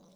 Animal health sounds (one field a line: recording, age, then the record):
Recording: pig call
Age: piglet (1 to 25 days)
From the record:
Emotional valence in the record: positive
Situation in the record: short reunion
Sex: female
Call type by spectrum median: low-frequency call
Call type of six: low-frequency stable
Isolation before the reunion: 3 minutes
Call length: 0.15 s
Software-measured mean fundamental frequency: 58 Hz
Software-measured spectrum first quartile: 281 Hz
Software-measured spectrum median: 637 Hz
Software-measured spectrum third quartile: 3144 Hz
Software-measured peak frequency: 190 Hz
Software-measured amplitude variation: 38 dB a second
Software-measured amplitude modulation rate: 22.6 a second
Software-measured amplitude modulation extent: 1.7 dB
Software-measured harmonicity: 5.0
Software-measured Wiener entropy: -3.34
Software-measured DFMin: 1199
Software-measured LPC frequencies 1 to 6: 450, 2244, 3843, 5977, 7454, 8544 Hz